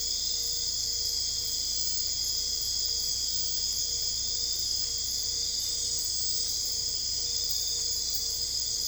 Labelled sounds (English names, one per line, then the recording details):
none
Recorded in dense forest near Puerto Asís, Putumayo, Colombia, on 22 December 2024 at 01:00
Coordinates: 0.485, -76.318
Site GP03